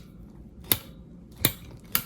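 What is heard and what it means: The metal arm joint of a TDP CQ-27 far infrared mineral heat lamp is rotated, and its spring-loaded pin snaps into successive little detent holes. Three sharp, bright clicks ring out at 0.7, 1.5 and 2.0 seconds over a quiet, low hum, each with a faint softer rustle just before it. The pin seats into each hole in turn.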